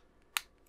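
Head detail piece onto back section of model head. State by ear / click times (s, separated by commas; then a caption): seated / 0.4 s. A plastic detail piece for a Transformers Movie Optimus Prime model head is lined up and pushed onto the back section of the head. A single sharp, bright click sounds at 0.4 seconds, followed by a faint tick at 0.7 seconds. The piece seats flush on both sides.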